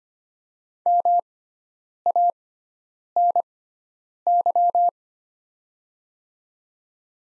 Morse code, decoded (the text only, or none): MANY